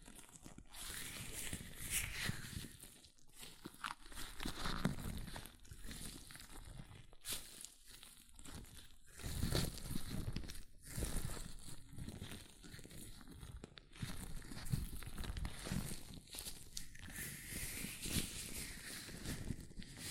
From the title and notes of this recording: ASMR Latex Gloves Hand Sounds (No Talking).